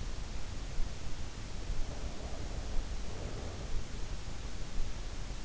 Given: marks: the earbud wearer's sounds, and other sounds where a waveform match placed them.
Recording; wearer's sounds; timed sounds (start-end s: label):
sounds in sleep by an in-ear microphone; breath
1.65-3.84 s: breath